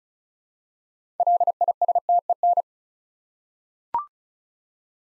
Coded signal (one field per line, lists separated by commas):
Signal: Morse code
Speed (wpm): 36 wpm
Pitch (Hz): 700 Hz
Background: none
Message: LISTEN